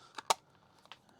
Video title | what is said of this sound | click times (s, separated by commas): Fanhome Ghostbusters Ecto-1 model partwork kit build part 11 issue 14 stages 47-50 | and it kind of snaps into place there and then we need eight IP screws going in those holes right there | 0.3 s